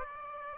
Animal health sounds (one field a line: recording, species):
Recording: mosquito wingbeat signal from an infrared sensor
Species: Aedes aegypti